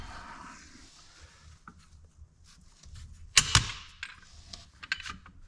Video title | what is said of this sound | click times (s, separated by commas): John Deere Dubuque Two Cylinder 420 430 435 Two Stage Live PTO Clutch Rebuild Resto Episode 9 | closer you hear a big click that's usually a good sign | 3.4 s